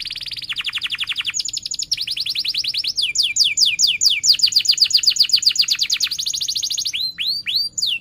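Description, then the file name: Canary song: fast high trills of repeated notes, shifting from steady buzzy rolls to sharp downward-sweeping whistles, then looping rising notes near the end. Canary singing persistently (gacor) with 'cuit cuit' chirps and sharp rolling trills ('ngerol tajam'). "Suara Kenari Gacor Cuit Cuit Ngerol Tajam"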